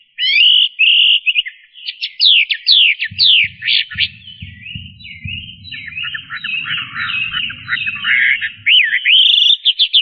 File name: kicauan burung hwamei. omkicau